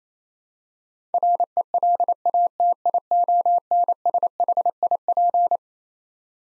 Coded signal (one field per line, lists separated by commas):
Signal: Morse code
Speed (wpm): 28 wpm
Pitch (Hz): 700 Hz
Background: none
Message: RELATIONSHIP